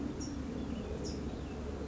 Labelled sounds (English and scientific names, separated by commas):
California Towhee (Melozone crissalis)